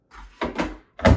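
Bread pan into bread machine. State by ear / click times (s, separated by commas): seated / 0.4 s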